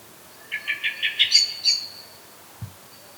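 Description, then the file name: Common blackbird producing a short run of about six quick chattering notes rising into higher squeaky tones, followed by a single low thump. "Turdus merula"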